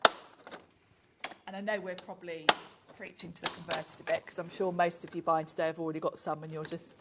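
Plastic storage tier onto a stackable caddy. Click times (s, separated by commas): 0.0 s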